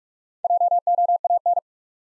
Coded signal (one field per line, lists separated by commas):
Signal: Morse code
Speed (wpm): 46 wpm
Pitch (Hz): 700 Hz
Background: none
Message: JOAN